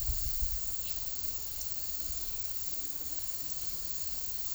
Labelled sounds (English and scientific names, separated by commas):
none